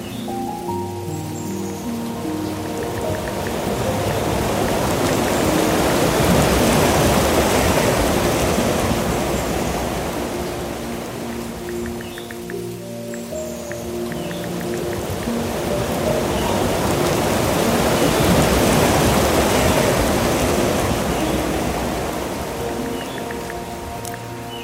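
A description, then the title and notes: Steady rain hisses throughout while ocean waves swell slowly, cresting around seven and eighteen seconds before easing back. Low, sustained musical tones hum beneath the wash, with soft piano notes ringing out now and then. A harmonious blend of calming rain, gentle ocean waves, melodic piano tunes, and soothing solfeggio.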